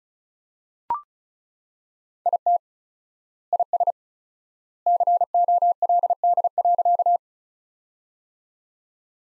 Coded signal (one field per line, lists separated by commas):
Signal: Morse code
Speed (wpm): 36 wpm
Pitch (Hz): 700 Hz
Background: none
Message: IT IS COLD.